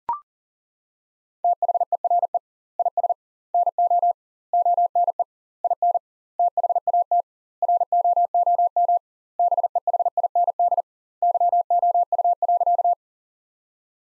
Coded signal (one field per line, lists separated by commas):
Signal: Morse code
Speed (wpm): 40 wpm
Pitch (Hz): 700 Hz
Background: none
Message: THERE IS NO ONE IN THAT ROOM BEHIND YOU.